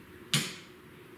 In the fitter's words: Clicks into place.